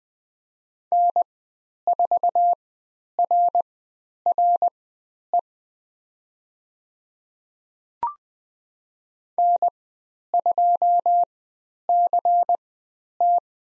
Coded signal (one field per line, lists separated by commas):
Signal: Morse code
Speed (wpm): 20 wpm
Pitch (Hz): 700 Hz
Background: none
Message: N4RRE N2CT